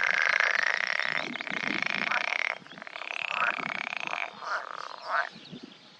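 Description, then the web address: Edible frog chorus: rapid, buzzy, overlapping croaking trills, loud at first, then quieter and pulsing in bursts toward the end. "gady plazy zaba wodna zaby zielone"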